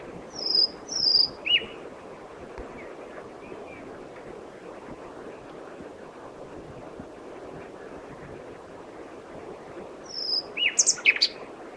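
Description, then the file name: Common nightingale song in short phrases of whistled and chirped notes at the start and again near the end, with a long quiet gap between. "Luscinia megarhynchos"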